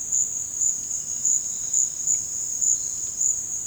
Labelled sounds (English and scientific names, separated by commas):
none